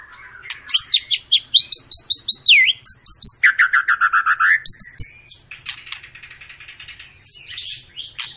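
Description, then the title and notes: White-rumped shama song: a rapid train of repeated high whistled notes, then a mellow warbling phrase, a string of quick chips and a scratchy buzzing close. Long lure song of an energetically singing white-rumped shama, used to provoke other birds to sing. "Pancingan Murai Batu Gacor Panjang. muraiku"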